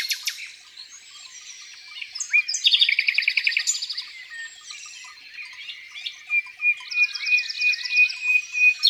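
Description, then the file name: Common nightingale song with sharp high notes, a loud rapid rattling series, then quieter warbles, a pure steady whistle and repeated emphatic notes. Song in the countryside. "Rossignol philomele Chants doiseaux dans la campagne"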